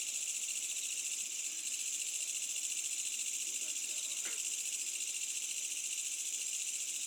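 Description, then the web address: Insects in a dense, steady high-pitched night chorus throughout. Medium-density insect chorus on a summer night in the Asian countryside, with a distant village. "Asian Countrysides AMBIENCE Insects Medium Night Summer Distant Village"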